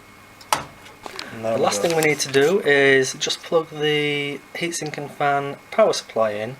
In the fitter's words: until it clicks on the other side now this can be quite stiff so you just need to apply a little bit of force to it